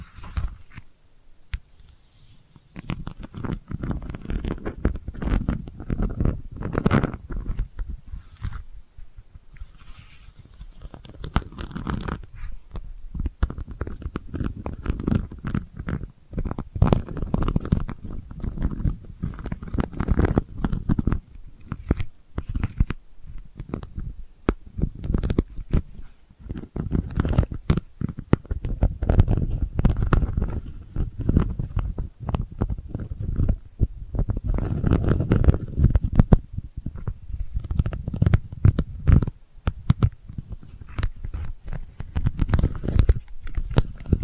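Delicate scratching runs for the whole 44 seconds as a dense, irregular stream of soft rasping strokes, mostly low and muffled with faint brighter edges. Brief pauses break it near the start, around 10 seconds and near 27 seconds, and denser bursts come around 35 seconds.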